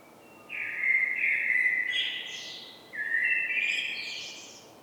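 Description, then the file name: Common blackbird song: two mellow, flute-like warbling phrases in quick succession, each closing with a high, strained twitter. "Turdus merula"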